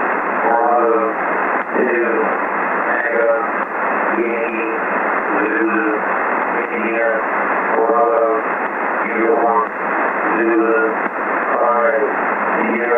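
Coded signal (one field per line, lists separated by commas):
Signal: coded military voice message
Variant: Emergency Action Message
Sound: male voice reading phonetic alphabet characters over noisy shortwave single-sideband radio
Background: radio static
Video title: Andrews AFB (Maryland, USA) - Emergency Action Message - 11175 khz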